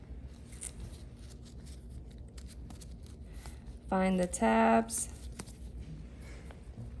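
A caregiver lines up an LVAD driveline with its adhesive securement anchor, with soft handling rustles and a few faint taps while someone talks briefly around 3.9–4.8 seconds. The driveline has not yet been pulled through or locked into the anchor, and nothing has seated or clicked.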